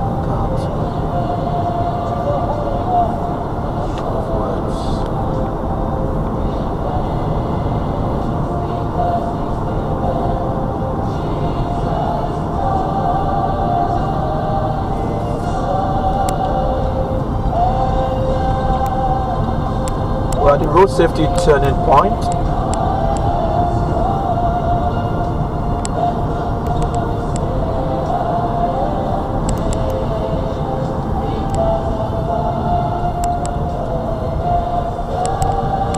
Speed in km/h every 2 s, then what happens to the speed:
64, 68, 69, 69, 68, 66, 63, 61, 58, 58, 58, 61, 64, 64, 63, 53, 47, 42.
0-7 steady at about 68. 7-16 slows to 58. 16-28 steady at about 61. 28-36 slows to 42.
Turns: none.